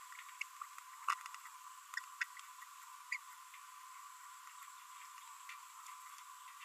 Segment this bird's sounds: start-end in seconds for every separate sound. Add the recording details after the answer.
1.08-1.14, 2.21-2.23, 3.12-3.17. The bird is a female. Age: 30 days. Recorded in a nest box in Venezuela. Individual 17B42B1